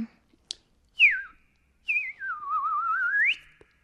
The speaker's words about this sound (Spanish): No, no, bonita, no. No son japoneses. No. No, son pajaritos.